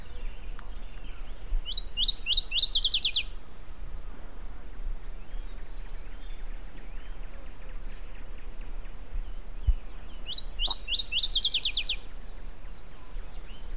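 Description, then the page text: Masked yellowthroat song: two quick, bright trilled phrases of rapid repeated notes, about nine seconds apart, over steady low background hiss with faint other birds. Recorded in Argentina. "cantos aracaranegra. Fotos de aves de Argentina"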